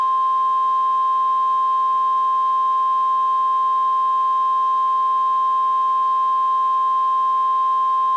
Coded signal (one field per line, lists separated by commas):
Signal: Emergency Alert System (SAME) tones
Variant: 1050 Hz attention tone